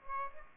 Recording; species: mosquito wingbeat signal from an infrared sensor; Aedes aegypti